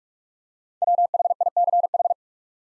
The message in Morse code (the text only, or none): WHICH